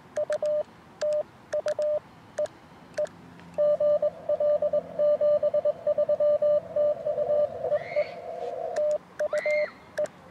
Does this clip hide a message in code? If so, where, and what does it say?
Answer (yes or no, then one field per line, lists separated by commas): yes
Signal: Morse code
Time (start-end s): 0.2-10.1 s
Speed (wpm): 20 wpm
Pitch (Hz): 600 Hz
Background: radio noise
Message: U TU E E GL 73 TU EE TU E